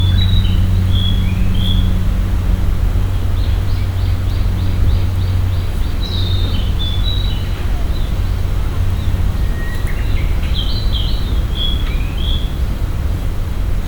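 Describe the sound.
Birds giving short high chirps and brief trills scattered throughout, over a constant low rumble of background noise.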